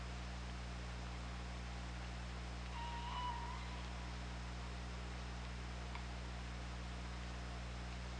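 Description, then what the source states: Killer whale call: one flat, harmonic tone held for about a second, then a single sharp click, all over persistent underwater hum and hiss. Recorded on an OrcaLab hydrophone, 24 August 2017, 08:20.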